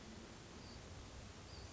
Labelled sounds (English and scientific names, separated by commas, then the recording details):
Hermit Thrush (Catharus guttatus)
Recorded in Sonoma County, California